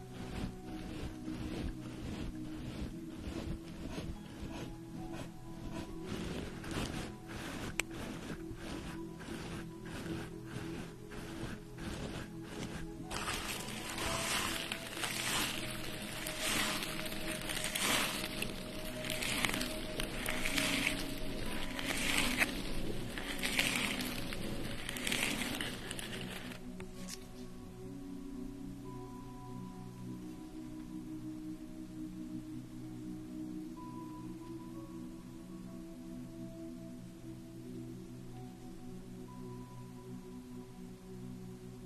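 Sounds of a facial treatment with steam. Rapid, regular clicking runs through the first dozen seconds, then a loud, bright steam hiss swells and pulses until about 27 seconds and cuts off, leaving a quieter low hum with faint tones.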